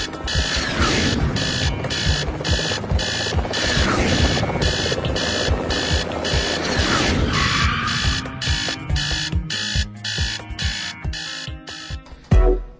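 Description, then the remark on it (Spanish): A helicopter rotor spins with a loud, steady rhythmic chop, its evenly spaced thumps running continuously under a bright, buzzing whine, with no voices. “Es el sonido de, digamos, un helicóptero. Sí, la hélice de un helicóptero.”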